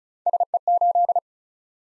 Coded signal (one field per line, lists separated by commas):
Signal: Morse code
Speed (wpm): 36 wpm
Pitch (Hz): 700 Hz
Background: none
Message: SE8